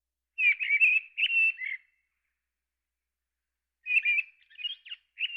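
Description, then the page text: Mistle thrush delivering a run of clear, slurred whistled notes, then a silent gap of two seconds before another warbling phrase resumes; no other sounds. "Mistle Thrush. Quick Sounds"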